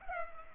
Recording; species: mosquito wingbeat signal from an infrared sensor; Culex pipiens